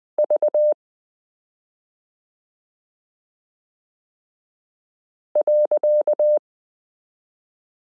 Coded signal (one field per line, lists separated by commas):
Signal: Morse code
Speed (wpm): 20 wpm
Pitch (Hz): 600 Hz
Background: none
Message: V .